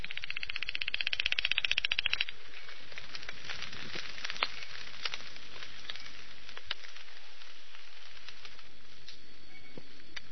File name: Ischnocnema guentheri